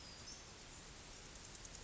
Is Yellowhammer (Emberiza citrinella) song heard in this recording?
no